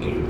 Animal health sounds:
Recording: contact call of a hoofed animal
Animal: pig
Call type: closed-mouth grunt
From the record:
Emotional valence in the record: positive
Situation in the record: food and toys in familiar pen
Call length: 0.31 s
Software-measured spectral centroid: 1300 Hz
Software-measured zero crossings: 990 a second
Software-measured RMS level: -24 dBFS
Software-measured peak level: -14 dBFS

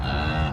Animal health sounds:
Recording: contact call of a hoofed animal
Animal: cattle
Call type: low-frequency (closed-mouth) or high-frequency (open-mouth) call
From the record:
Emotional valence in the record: negative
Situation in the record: full separation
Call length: 0.53 s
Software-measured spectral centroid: 1630 Hz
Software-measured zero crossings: 1590 a second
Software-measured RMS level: -24 dBFS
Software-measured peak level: -14 dBFS

